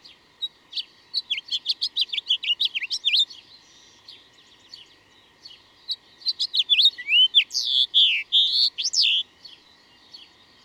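Bird song with two long phrases of fast chirps and twitters, the second ending in loud rising and falling whistles.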